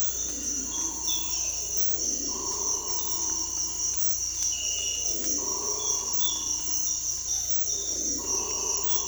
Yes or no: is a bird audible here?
no